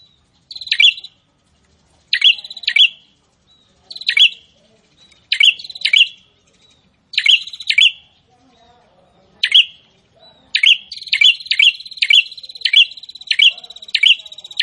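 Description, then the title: Prinia song: spaced phrases of buzzy rattling notes, each ending in a bright chip, becoming a faster, steady buzzing run with chips near the end. Prinia singing prolifically ('gacor'). "Prenjak gacor"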